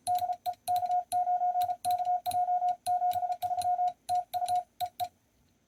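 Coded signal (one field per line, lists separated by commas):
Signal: Morse code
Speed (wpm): 32 wpm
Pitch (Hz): 720 Hz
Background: none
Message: DE K9KJ 73 TU EE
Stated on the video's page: Sent with a Bencher iambic paddle.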